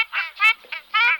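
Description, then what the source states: Ruddy shelduck calls, a few loud nasal honks in quick irregular succession. From a hunting lure recording.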